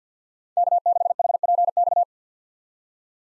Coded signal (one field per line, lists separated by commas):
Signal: Morse code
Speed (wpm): 47 wpm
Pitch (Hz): 700 Hz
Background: none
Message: K6HPX